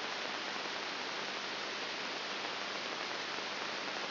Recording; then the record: brain microelectrode recording played as sound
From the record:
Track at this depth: outside the subthalamic nucleus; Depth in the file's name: 7.5 mm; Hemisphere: right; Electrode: 3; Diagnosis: Parkinson's disease